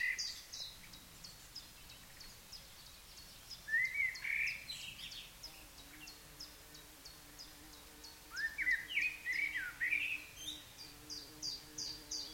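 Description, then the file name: Common blackbird song: two fluty, warbling phrases a few seconds apart, set against a steady series of high, thin chips repeated about three times a second. "Turdus merula"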